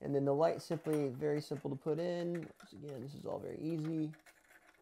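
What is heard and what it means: Someone talks while an exposure light bulb is handled by hand toward its lamp socket, using the carrier sheet as a protector. Only the voice is heard, with no distinct click or impact. Nothing has seated or clicked yet.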